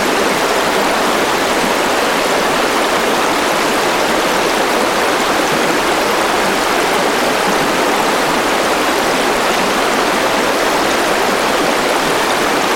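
A creek rushes steadily along, its water making a dense, unbroken hiss that stays level from start to finish. The sound is bright, with little low rumble beneath it and no separate splashes or other noises standing out.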